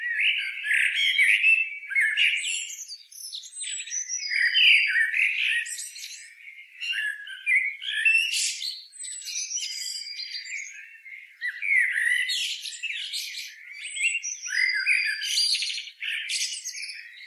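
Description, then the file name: Common blackbird delivering a run of warbling phrases mixed with sharp, high twittering notes, with short pauses between. "Turdus merula"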